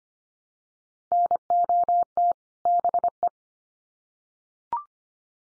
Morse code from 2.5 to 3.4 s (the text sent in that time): BE